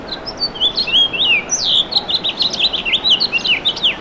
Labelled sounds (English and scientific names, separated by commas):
House Finch (Haemorhous mexicanus) song